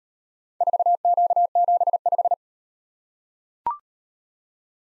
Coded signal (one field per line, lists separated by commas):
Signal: Morse code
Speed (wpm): 38 wpm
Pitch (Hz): 700 Hz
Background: none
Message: 4Q75